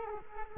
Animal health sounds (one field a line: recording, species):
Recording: mosquito wingbeat signal from an infrared sensor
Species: Culex quinquefasciatus